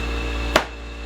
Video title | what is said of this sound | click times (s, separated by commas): New Incubator Review | you'll hear it snap in place. | 0.6 s